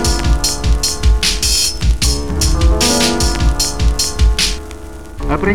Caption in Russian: Ритм перепела характеризуется усиленным первым тоном и раздвоением второго тона. При сужении левого атриовентрикулярного отверстия. Хлопающий первый тон высокого тембра. Второй тон отчетливо раздвоен.